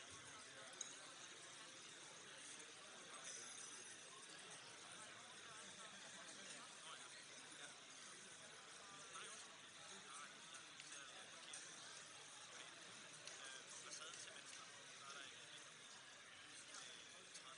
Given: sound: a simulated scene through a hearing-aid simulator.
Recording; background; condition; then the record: conversation; cafeteria; -6 dB SNR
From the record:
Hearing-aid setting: anchor resembling a broken hearing aid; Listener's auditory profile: A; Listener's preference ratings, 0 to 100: 1, 0, 0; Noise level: 65 dB SPL